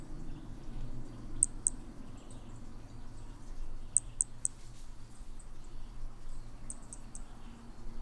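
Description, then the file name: Hermogenes' toadlet call: tiny, very high-pitched clicks, a pair, then a quick triple, then another triple, over a low steady hum and faint background chirps. Individual 01, example 01, at Picinguaba, Brazil, on 13 December 2017. "MHNCI Brachy hemogenesi Picinguaba ind 01 ex 01 sem detalhes 13 dez 2017"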